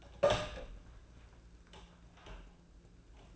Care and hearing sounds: daily activity, microphone in the room; open door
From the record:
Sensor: 2

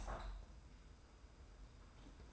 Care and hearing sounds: daily activity, microphone in the room; open window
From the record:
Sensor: 2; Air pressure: 990.1 hPa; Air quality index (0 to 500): 203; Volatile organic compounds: 1000 ppm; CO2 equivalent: 6497 ppm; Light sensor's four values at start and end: 24/55/22/22 and 24/55/22/23

